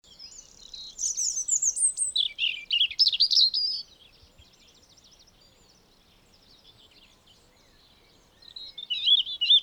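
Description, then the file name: European robin singing a bright, rapid jumble of high, tinkling, wavering notes for a few seconds, then a quiet pause before another sweet phrase begins. "Erithacus rubecula"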